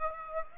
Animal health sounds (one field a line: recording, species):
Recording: mosquito wingbeat signal from an infrared sensor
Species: Aedes aegypti